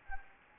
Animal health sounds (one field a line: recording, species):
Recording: mosquito wingbeat signal from an infrared sensor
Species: Anopheles gambiae